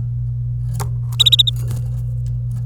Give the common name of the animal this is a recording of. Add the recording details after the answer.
Domestic Canary. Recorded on 26 April 2018 at 09:03. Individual llb3